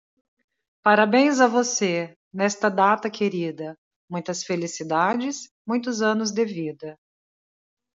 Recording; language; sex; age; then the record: short text; Brazilian Portuguese; female; 50 to 59 years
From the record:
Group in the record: control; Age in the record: 52 years